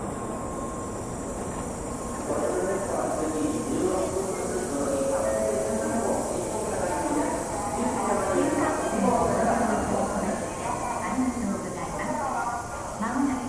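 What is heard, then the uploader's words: Japanese train station ambience with a steady rumble of trains and a dense murmur of overlapping voices that grows busier after the first two seconds. TRAIN STATION IN JAPAN AMBIENCE.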